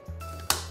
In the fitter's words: it's locked into place